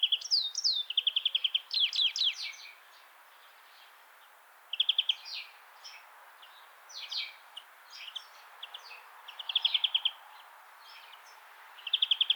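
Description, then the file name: European greenfinch twittering song: rapid bright trills on one pitch alternating with rising slurred notes, in bursts separated by short pauses. "Chloris chloris"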